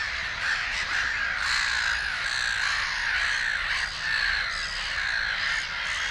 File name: Digiffects Sound Effects Library - Black-Headed Gull Bird